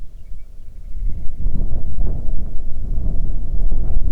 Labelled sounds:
songbird, wind
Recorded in the Prudhoe Bay oil fields, Alaska, on 9 June 2019 at 16:58
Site 21

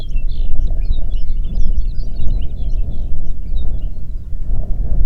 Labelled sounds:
songbird, wind
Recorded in the Prudhoe Bay oil fields, Alaska, on 8 June 2019 at 05:03
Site 30

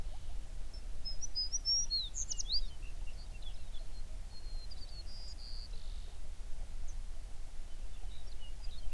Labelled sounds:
songbird
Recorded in the Prudhoe Bay oil fields, Alaska, on 11 June 2019 at 05:17
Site 21

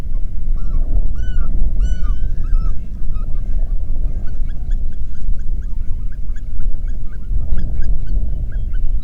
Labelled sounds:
waterfowl, wind
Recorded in the Prudhoe Bay oil fields, Alaska, on 8 June 2019 at 04:24
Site 30

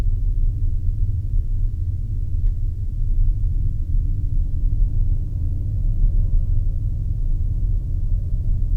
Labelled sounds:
man-made sound
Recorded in the Arctic National Wildlife Refuge, Alaska, on 3 September 2019 at 14:20
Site 39

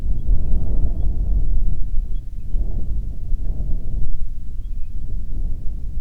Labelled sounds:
bird, wind
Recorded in the Prudhoe Bay oil fields, Alaska, on 25 July 2019 at 02:08
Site 11

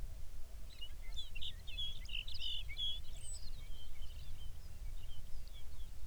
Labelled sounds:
songbird, grouse or ptarmigan
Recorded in the Arctic National Wildlife Refuge, Alaska, on 23 May 2019 at 05:02
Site 49

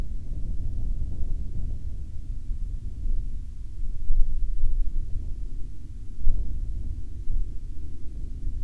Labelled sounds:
wind, aircraft
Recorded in the Prudhoe Bay oil fields, Alaska, on 10 July 2019 at 03:14
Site 16

